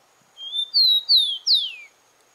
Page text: TICO TICO (Zonotrichia Capensis)